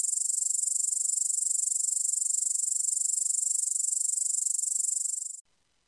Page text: Syngende løvgræshoppe (Tettigonia cantans). den syngende løvgræshoppe: I varmt og solrigt vejr - I køligt vejr (under 17 grader)